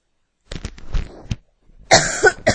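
An adult woman gives a short run of coughs in two bursts, the second louder and harsher.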